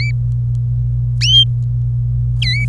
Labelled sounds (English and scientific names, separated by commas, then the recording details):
Domestic Canary (Serinus canaria) song
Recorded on 26 April 2018 at 11:32
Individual llb3